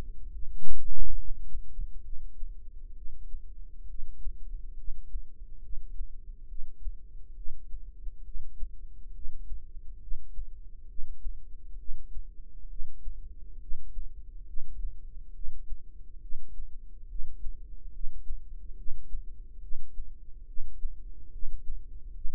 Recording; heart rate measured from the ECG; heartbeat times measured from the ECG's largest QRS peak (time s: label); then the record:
heart sounds by microphone in the right ear; 69 bpm
0.30 s: heartbeat
1.14 s: heartbeat
2.02 s: heartbeat
2.93 s: heartbeat
3.86 s: heartbeat
4.75 s: heartbeat
5.60 s: heartbeat
6.47 s: heartbeat
7.34 s: heartbeat
8.23 s: heartbeat
9.12 s: heartbeat
9.99 s: heartbeat
10.86 s: heartbeat
11.76 s: heartbeat
12.67 s: heartbeat
13.59 s: heartbeat
14.45 s: heartbeat
15.32 s: heartbeat
16.19 s: heartbeat
17.07 s: heartbeat
17.91 s: heartbeat
18.75 s: heartbeat
19.60 s: heartbeat
20.45 s: heartbeat
21.30 s: heartbeat
22.12 s: heartbeat
From the record:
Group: healthy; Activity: rest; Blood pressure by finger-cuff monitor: 103/67 mmHg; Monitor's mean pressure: 81 mmHg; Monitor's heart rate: 69 bpm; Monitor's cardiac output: 5.4 L/min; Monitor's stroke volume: 80 mL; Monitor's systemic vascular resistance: 1110 dyn s/cm5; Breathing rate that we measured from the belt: 14 breaths a minute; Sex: female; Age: 43 years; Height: 160 cm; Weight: 90 kg